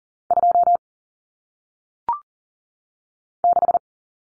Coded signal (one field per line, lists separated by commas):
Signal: Morse code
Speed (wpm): 39 wpm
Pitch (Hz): 700 Hz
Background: none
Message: 2 6